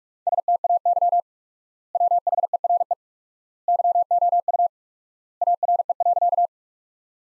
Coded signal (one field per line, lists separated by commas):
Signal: Morse code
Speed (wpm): 46 wpm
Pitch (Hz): 700 Hz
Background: none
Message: STAY WHERE YOU ARE.